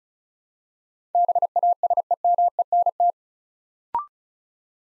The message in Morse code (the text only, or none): BASEMENT